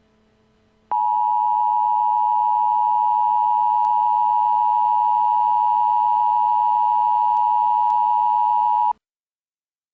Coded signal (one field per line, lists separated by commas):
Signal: Emergency Alert System (SAME) tones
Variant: 853 and 960 Hz attention tone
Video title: EAS Mock - Miami Hurricane